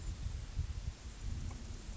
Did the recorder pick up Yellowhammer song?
no